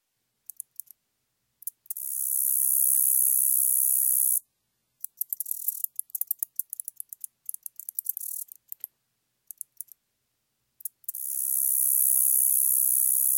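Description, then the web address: Common meadow katydid song: scattered and then dense high clicking ticks alternating with drawn-out, even, sizzling buzzes. "Crickets and Katydids. Common Meadow Katydid, Orchelimum vulgare"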